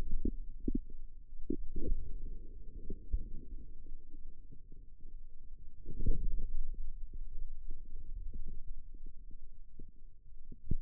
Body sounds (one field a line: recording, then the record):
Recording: forearm muscle sounds (acoustic myography)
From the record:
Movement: outward rotation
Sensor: system 2, bracelet of six BSWA MPA416 microphones around the upper forearm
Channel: 5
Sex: male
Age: 22 years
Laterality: right